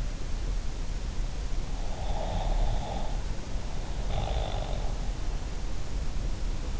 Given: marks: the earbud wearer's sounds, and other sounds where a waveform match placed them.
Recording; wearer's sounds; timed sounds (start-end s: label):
sounds in sleep by an in-ear microphone; breath
2.01-4.93 s: breath